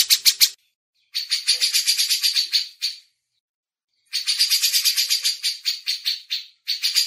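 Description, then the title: Grey-cheeked bulbul giving harsh, buzzy chattering notes in quick bursts of about four per second, with short silent gaps between bursts. Masteran training audio. "MASTERAN CUCAK JENGGOT"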